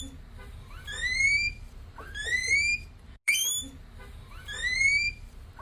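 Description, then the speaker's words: Guinea pig calls: several rising whistles with bright overtones, each sweeping upward, resembling a car alarm. "Nein, es ist trotzdem ein Meerschweinchen."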